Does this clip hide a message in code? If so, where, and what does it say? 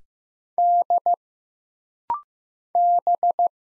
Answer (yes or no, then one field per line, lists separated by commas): yes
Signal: Morse code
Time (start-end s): 0.6-3.5 s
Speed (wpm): 15 wpm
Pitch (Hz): 700 Hz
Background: none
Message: D B